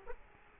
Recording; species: mosquito wingbeat signal from an infrared sensor; Culex quinquefasciatus